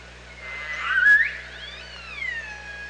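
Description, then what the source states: Orca call, a loud rising buzzy pulsed call swelling then fading, followed by a long descending harmonic tone. Recorded by OrcaLab on 24 August 2017 at about 07:50.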